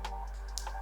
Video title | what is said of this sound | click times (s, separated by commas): Apple Watch SE 2 Unboxing, Test, & Review - Best Starter Apple Watch! | slide that in on the top to hear a click it said | 0.6 s